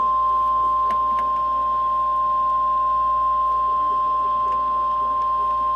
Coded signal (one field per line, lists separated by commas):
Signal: Emergency Alert System (SAME) tones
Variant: 1050 Hz attention tone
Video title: EAS/NWR Alert or message #328: 25th Severe Thunderstorm Warnings left